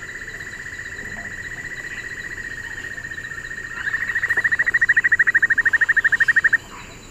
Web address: Natures Songs S America Eastern Lowlands 202-01 Notharchus hyperrhynchus, duet